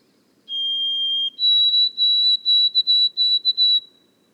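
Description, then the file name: White-throated sparrow whistling its song: one long level note, then a higher pitch repeated in about eight quick broken segments before fading. Boreal forest of Haute-Côte-Nord, 29 May 2018. "bruant-a-gorge-blanche-foret-boreale-de-la-haute-cote-nord-29-mai-2018"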